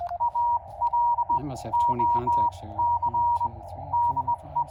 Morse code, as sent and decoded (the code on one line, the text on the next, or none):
.- .-.. --- -.-. / -.. .
ALOC DE